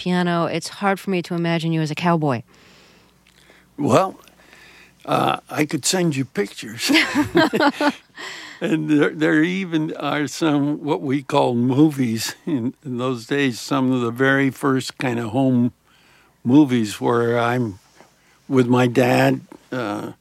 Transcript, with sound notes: It's hard for me to imagine you as a cowboy.
Well, I could send you pictures.
(LAUGHTER)
And there even are some - what we call movies in those days, some of the very first kind of home movies where I'm with my dad